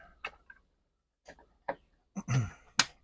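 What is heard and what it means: A communication cable plug is pushed back into the port on a Bluetti B500 battery module for an EP800 system. Light plastic ticks at about 0.3, 0.5 and 1.7 seconds and a brief rustling handling sound lead to a sharp, loud click at 2.8 seconds as the plug seats in the port.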